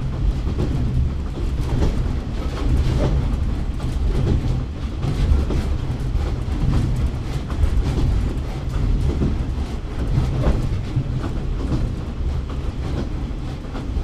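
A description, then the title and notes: Inside a diesel railcar on its way, a steady low rumble of engine and wheels fills the cabin, with faint rhythmic clatter throughout. 指宿枕崎線 5321D（キハ140-2061）大山-西大山. This is the JR Kyushu Ibusukimakurazaki Line, which runs at the southernmost tip of the JR Line. The sound inside the train heading to Nishi-Oyama Station, which is located in the southernmost part. ZOOM H2.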